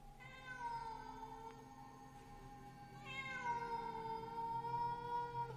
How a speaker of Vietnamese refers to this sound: Con mèo đen nhìn bà ánh mắt xanh lè lè, làm cho bà cứng họng. Con mèo trong khung ảnh cất lên âm thanh nghe ghê rợn trong đêm.